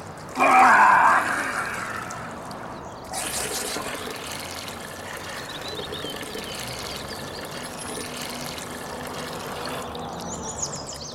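Water is poured from an iron ladle in a loud, splashing burst for about two seconds, then a softer steady trickle and faint splashing continue over a low background hum.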